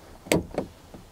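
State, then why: Seated. On a Citroen Saxo or Peugeot 106 fuel pump, a metal click-type crimp hose clamp on the fuel pump hose is squeezed closed with special pliers until it latches. It snaps shut with a sharp, bright click at 0.3 s, followed by a softer knock at 0.6 s and a faint tick near 1.2 s. The clamp is seated.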